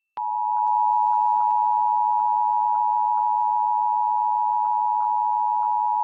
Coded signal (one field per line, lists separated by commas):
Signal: Emergency Alert System (SAME) tones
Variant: 853 and 960 Hz attention tone